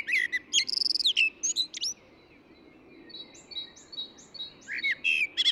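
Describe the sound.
Eurasian blackbird song: rapid high chirping and whistled phrases, a short softer passage of repeated notes, then a loud final flourish, with a rough hiss behind.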